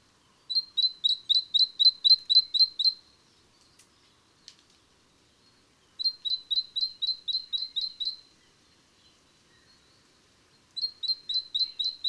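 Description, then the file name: Great tit: bright, high notes repeated about four per second in three bursts, the last cut short, with silent gaps of about three seconds between bursts. "Parus major"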